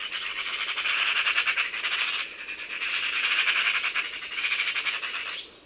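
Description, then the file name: Eurasian magpie chattering, harsh rapid rattling notes delivered in three bursts with short gaps between them. "SROKA"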